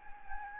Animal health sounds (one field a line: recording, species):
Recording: mosquito wingbeat signal from an infrared sensor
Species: Anopheles gambiae